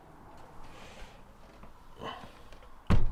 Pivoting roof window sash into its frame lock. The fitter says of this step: this locks into place so that you can now clean the window